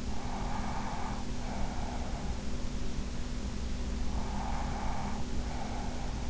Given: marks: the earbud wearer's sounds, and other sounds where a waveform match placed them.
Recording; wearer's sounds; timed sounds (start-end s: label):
sounds in sleep by an in-ear microphone; breath
0.19-2.36 s: breath
4.02-6.30 s: breath